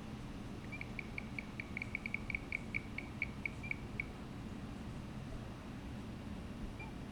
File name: Pristimantis bogotensis